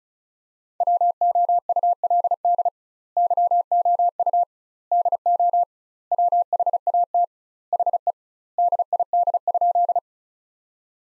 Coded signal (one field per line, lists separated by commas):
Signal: Morse code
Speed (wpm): 34 wpm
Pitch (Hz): 700 Hz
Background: none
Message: WOULD YOU DO WHAT HE DID?